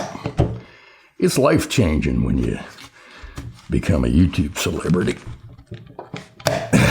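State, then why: Seated. Someone talks while the head cover of an EGO POWERLOAD string trimmer is pushed back onto its plastic spool housing. A sharp snap is heard at 6.5 seconds, and the cover is seated back in place.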